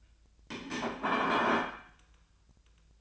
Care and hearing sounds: daily activity, microphone in the room; place plate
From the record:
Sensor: 2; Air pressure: 1009.2 hPa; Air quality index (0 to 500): 186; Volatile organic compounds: 11 ppm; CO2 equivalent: 2317 ppm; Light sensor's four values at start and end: 21/51/22/24 and 21/52/22/24

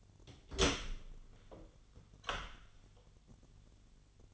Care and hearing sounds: daily activity, microphone in the room; open door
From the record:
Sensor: 4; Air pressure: 1010.1 hPa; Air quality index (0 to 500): 190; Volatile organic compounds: 3 ppm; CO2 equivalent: 1367 ppm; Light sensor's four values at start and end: 34/82/34/35 and 31/77/32/33

